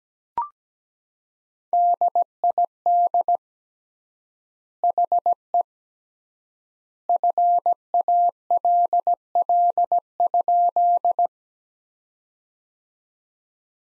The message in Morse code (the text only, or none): DID HE FALL?